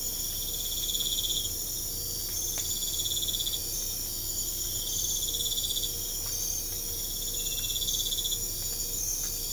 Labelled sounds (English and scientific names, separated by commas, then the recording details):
none
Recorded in pastures near Puerto Asís, Putumayo, Colombia, on 22 December 2024 at 03:30
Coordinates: 0.496, -76.326
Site G004